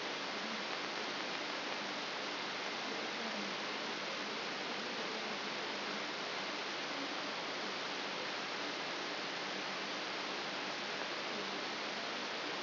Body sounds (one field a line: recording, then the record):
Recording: brain microelectrode recording played as sound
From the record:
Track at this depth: outside the subthalamic nucleus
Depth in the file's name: 5.701 mm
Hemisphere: left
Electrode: 3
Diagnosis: Parkinson's disease